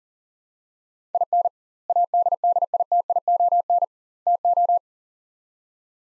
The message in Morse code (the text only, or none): IN ADDITION TO